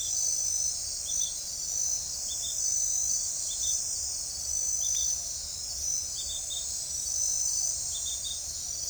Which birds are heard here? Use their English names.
none